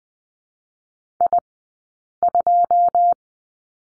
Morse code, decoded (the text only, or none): I2